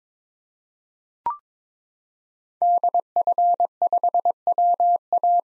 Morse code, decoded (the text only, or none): DF5WA